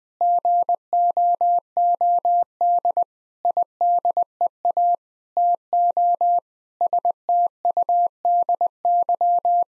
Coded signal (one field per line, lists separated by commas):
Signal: Morse code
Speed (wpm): 21 wpm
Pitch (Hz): 700 Hz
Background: none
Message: GOOD IDEA TO STUDY